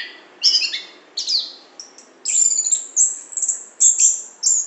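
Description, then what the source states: Lovebird calls, shrill squeals and sliding squeaks in short bursts, with a low background hiss throughout. Lure call (pikat) used to attract lovebirds.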